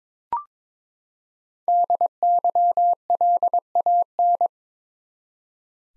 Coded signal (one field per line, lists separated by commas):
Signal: Morse code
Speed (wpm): 22 wpm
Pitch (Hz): 700 Hz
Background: none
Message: DYLAN